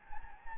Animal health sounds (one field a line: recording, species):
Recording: mosquito wingbeat signal from an infrared sensor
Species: Anopheles gambiae